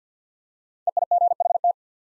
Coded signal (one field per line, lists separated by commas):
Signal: Morse code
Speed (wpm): 47 wpm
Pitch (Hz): 700 Hz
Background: none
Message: EIGHT